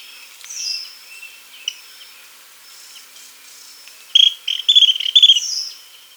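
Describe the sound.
Bird giving high, thin chirps and short whistled notes, scattered at first, then a quick burst of bright, repeated chirps near the end.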